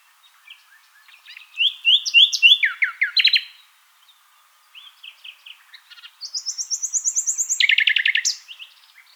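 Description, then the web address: Common nightingale song: varied notes, a loud run of rapid descending strokes, a short pause, then a long fast series of high repeated notes ending in loud strokes. "songs luscinia megarhynchos call"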